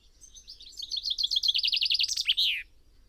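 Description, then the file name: Common chaffinch delivers one full song, a rattling trill of repeated notes descending into a loud, ringing terminal flourish. "Fringilla coelebs"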